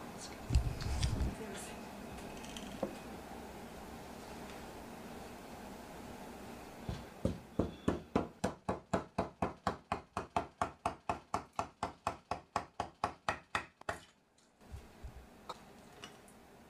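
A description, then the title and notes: Quiet bar-prep sounds: a few soft clinks, rustles and small knocks over the first seven seconds. Then a fast, very regular run of crisp taps or chops, about four per second, fills the middle and stops near fourteen seconds, followed by faint handling noises. Bartender Sounds.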